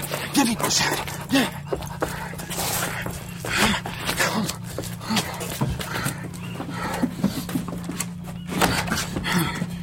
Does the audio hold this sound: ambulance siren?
no